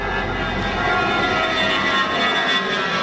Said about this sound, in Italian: Questo è l'aereo che ha preso Pardo, 120 decibel.